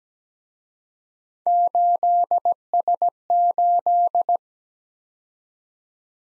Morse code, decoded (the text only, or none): 8S8